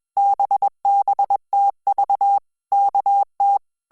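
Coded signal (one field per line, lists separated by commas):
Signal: Morse code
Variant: Korean alphabet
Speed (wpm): 21 wpm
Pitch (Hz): 800 Hz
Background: none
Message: 떨 어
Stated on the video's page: Hangul Morse listening practice sent at 20 WPM.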